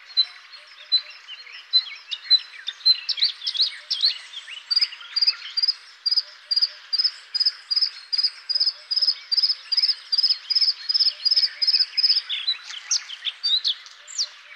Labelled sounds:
Bluethroat song

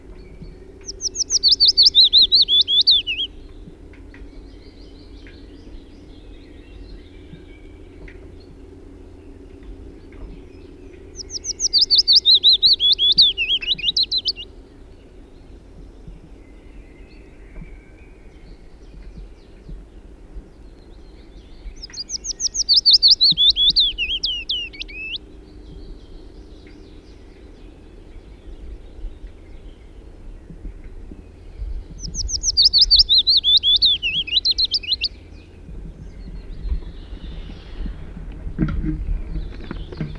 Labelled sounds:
Willow Warbler song

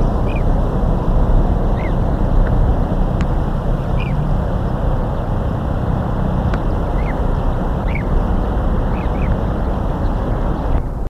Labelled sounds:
Blue-cheeked Bee-eater call

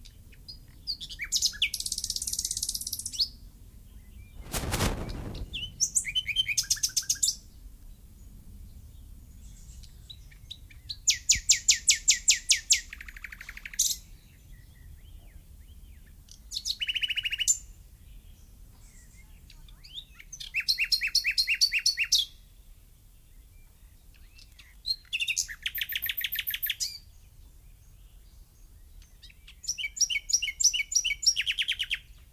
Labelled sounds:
Common Nightingale song

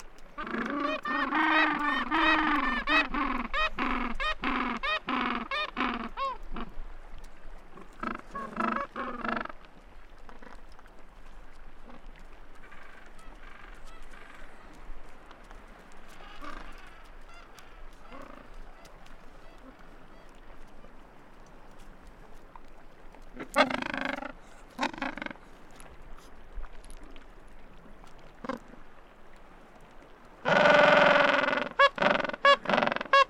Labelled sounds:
Gentoo Penguin call

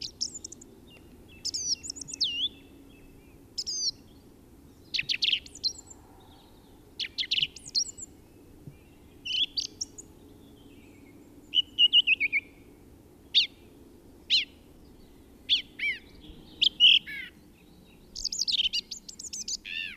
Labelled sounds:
Song Thrush song

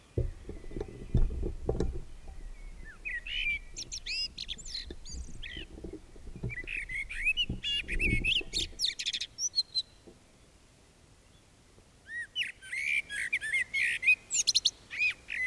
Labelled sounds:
Common Blackbird song

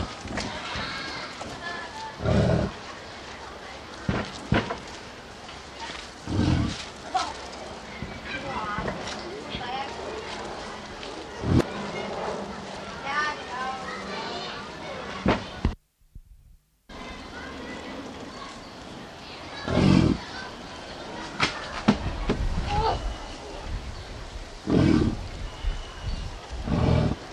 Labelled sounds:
American Bison call

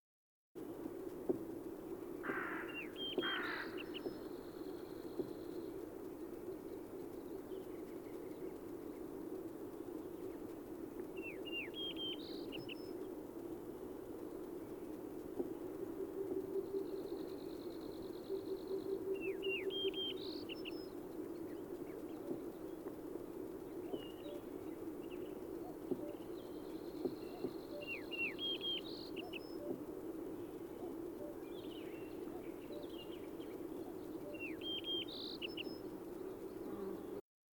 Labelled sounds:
Yellow-breasted Bunting song

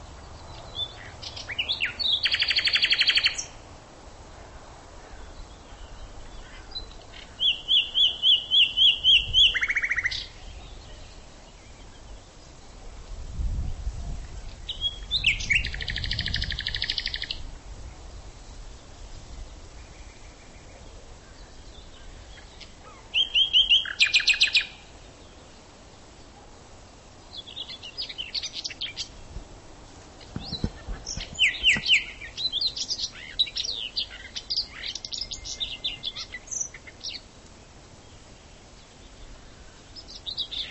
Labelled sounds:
Common Nightingale song

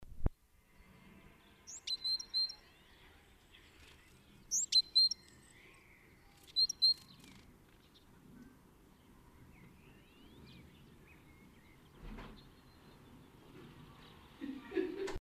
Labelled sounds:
Great Tit song

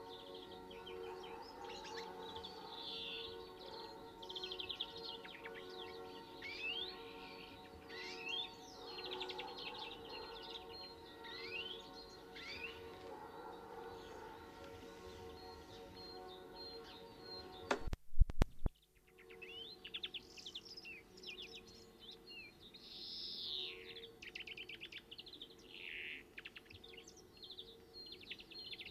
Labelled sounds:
European Greenfinch song

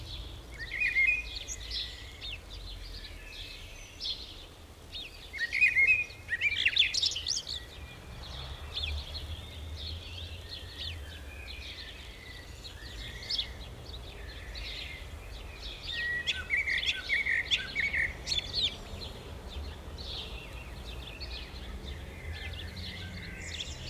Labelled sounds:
Common Blackbird song

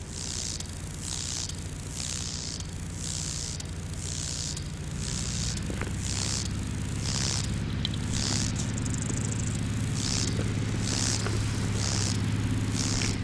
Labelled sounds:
Lesser Marsh Grasshopper stridulation

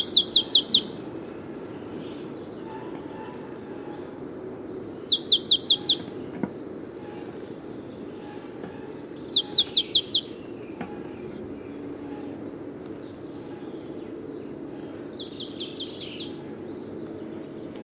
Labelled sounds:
Marsh Tit song

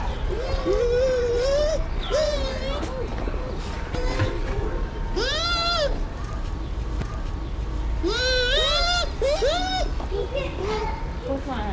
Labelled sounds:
Bush Dog

